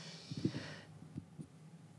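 Faint, low snorting breath sounds in a quiet room, with a few soft rumbling bursts of snoring from a sleeper in the background.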